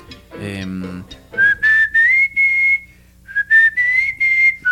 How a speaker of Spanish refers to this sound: Bueno, ahí está el silbador. El silbatillo. El jilguerillo. El jilguerillo. Ahí está, amigo.